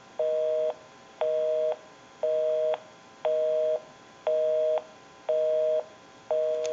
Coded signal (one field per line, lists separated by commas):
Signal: telephone call progress tone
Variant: North America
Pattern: busy tone